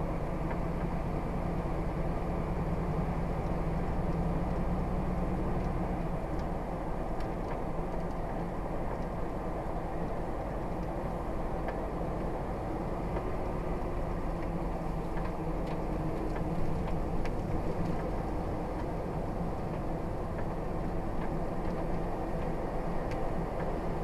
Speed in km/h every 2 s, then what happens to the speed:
48, 52, 53, 55, 56, 53, 48, 47, 45, 48, 50, 50.
0-7 speeds up to 56. 7-15 slows to 45. 15-24 steady at about 48.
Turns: none.